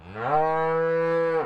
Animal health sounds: contact call of a hoofed animal; cattle; low-frequency (closed-mouth) or high-frequency (open-mouth) call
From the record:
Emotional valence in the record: negative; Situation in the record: full separation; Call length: 1.46 s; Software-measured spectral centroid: 1140 Hz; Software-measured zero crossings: 1300 a second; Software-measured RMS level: -24 dBFS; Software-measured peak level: -10 dBFS

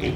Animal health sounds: contact call of a hoofed animal; pig; closed-mouth grunt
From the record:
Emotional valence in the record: positive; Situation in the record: food and toys in familiar pen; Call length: 0.16 s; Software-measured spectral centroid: 1840 Hz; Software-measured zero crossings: 1310 a second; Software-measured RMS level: -25 dBFS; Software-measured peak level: -12 dBFS

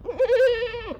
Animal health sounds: contact call of a hoofed animal; goat; low-frequency (closed-mouth) or high-frequency (open-mouth) call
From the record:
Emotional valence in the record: negative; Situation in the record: short social isolation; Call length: 1.00 s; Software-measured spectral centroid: 1780 Hz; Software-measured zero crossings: 1560 a second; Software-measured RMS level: -22 dBFS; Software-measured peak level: -15 dBFS

